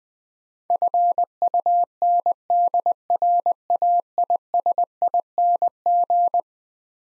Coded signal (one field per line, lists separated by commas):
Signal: Morse code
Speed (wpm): 20 wpm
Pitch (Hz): 700 Hz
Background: none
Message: FUNDRAISING